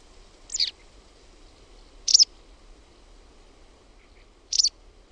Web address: OMAT AANITYKSET VASTARAKKI